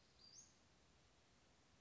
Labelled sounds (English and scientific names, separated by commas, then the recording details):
Western Flycatcher (Empidonax difficilis)
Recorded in Sonoma County, California